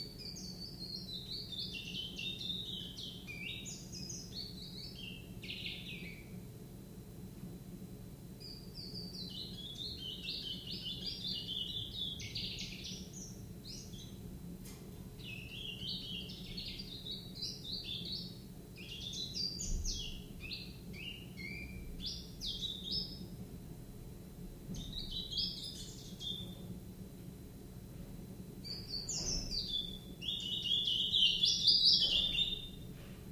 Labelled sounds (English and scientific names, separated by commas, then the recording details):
Willow Warbler (Phylloscopus trochilus)
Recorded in captivity
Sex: male
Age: juvenile
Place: Zoologisches Institut Universität Tübingen, Baden-Württemberg, DE
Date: 1966-07-26 11:10
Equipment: Nagra III PH, MD 421, LGS26
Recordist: Schneider, Hans-Joachim